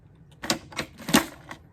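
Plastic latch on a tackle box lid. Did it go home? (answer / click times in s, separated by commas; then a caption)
yes / 0.5 s, 1.2 s. The plastic latch on the lid of a Plano Edge Series tackle box is closed to show how well its latch system works, giving sharp plastic snaps at 0.5 s and 1.2 s, with softer clicks around 0.8 s and 1.5 s. The latch snaps shut and seats securely, closing easily and perfectly.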